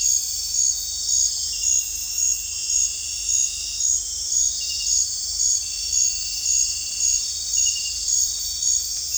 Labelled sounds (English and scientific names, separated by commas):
none